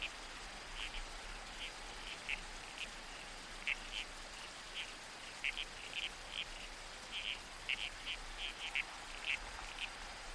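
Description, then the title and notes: Red-crowned toadlet, many short grating calls in fairly quick irregular succession, set against a steady rush of creek water and wind. Night soundscape in the bush with a babbling creek and trees swaying in the wind. "Soundscape - Red-Crowned Toadlet. the babbling creek. the whispered sway of trees in the wind. the murmurs of the bush. Nocturnal Worlds. Australian Museum"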